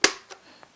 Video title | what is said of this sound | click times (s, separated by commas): Computer Troubleshooting & Tech Support : How to Fix a Keyboard Key | you'll hear it pop into place and then as you can see our Enter key is now working | 0.0 s